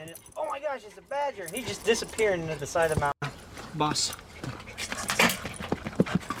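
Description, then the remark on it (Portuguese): A dog wearing a collar pants in quick, breathy bursts while digging fast at loose ground, hunting a rat, with rough scratchy noises; people talk excitedly over the sounds. “Olha o cachorro, o cinegrafista.”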